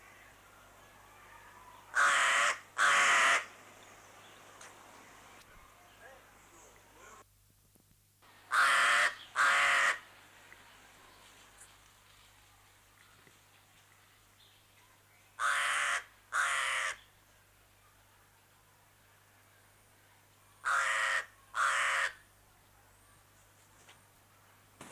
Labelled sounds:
Pied Crow (Corvus albus) call
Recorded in captivity
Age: adult
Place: Zoo Berlin, Berlin, DE
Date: 2004-09-17 12:07
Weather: sunny, 19°C
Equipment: Sony WM-D6C, Sennheiser ME 80, Kopie Uher 4000 Report Monitor
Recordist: Tembrock, Günter
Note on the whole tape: Diverse Laute

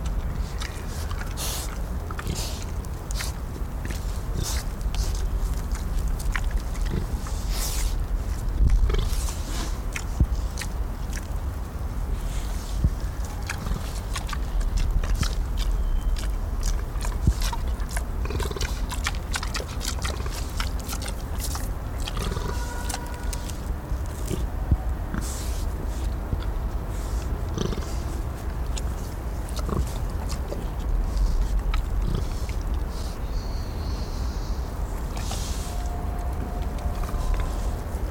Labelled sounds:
Bearded Pig (Sus barbatus) call
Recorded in captivity
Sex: diverse
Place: Zoo Berlin, Berlin, DE
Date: 1995-09-14 18:43
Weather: leicht bewölkt, 16°C
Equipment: Sony WM-D6C, Sennheiser ME 80, Kopie Uher 4000 Report Monitor
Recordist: Tembrock, Günter
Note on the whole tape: Kurzlaute eines Männchen und eines Weibchen, Entfernung ca. 6 bis 7 m

